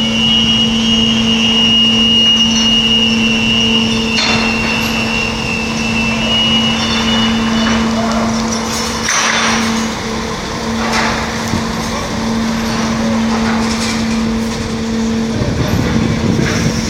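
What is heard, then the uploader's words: Lorries load onto a ferry at Dover, under a steady low engine drone with a constant hum throughout. Brief clanks and knocks break through at intervals, clustered around the middle and near the end, over a dense rumbling wash of traffic noise. Lorries Loading Ferry at Dover Ferry Terminal by William Bode.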